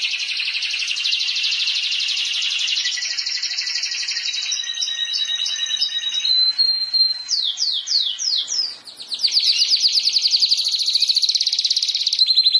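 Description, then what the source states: Canary song, a dense buzzing trill held for several seconds, then clipped notes and sweeping slurs, a brief dip, and another loud rapid trill. Canary training song (masteran) meant to make cage birds sing more intensely.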